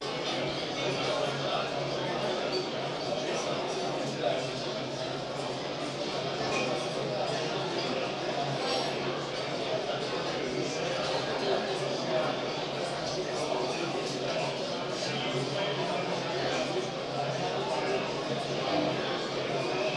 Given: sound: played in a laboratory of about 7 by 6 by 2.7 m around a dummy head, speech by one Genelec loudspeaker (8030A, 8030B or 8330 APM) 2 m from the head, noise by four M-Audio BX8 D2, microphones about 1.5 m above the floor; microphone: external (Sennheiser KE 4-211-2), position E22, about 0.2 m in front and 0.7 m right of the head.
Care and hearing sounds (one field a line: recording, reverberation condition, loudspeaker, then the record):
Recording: cafeteria noise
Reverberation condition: medium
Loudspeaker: four, about 170 cm from the corners of the room and facing them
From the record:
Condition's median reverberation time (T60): about 510 ms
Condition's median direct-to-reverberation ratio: about -0.5 dB